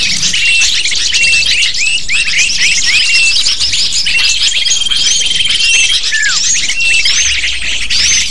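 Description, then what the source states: Lovebird flock calling, overlapping sharp high chirps and quick descending squeaks packed tightly together throughout, with occasional steady thin tones. Lure used to attract lovebirds.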